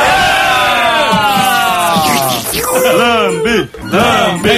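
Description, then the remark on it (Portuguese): A voice imitates an audience cheering: loud, sustained whooping and yelling that swoops up and down in pitch, with a few bursts running together for several seconds. “E o leão lambe a mulher e a plateia vibra.”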